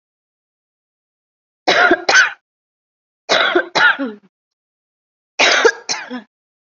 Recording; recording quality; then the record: heavy voluntary cough; excellent, no background noise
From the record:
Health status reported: COVID-19 positive, moderate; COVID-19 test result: positive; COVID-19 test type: RT-PCR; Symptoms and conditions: cough, cold, breathing difficulty, sore throat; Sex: female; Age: 51 years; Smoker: no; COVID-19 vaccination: both doses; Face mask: worn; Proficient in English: yes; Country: India